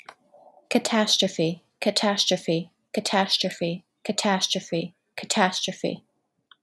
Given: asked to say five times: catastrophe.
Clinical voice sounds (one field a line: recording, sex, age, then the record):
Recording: repeated word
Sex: female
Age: 30 to 39 years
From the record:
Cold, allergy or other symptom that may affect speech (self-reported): no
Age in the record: 30 years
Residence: Illinois, United States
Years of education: 18